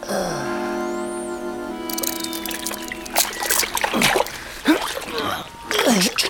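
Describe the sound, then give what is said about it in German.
Water waves splash and wash in irregular surges, several louder bursts rising and falling after a steady tonal hum at the start. “Auf dem Abhang mit dem Hinterkopf im Wasser. Und lass dich von den Wellen in den Schlaf lullen.”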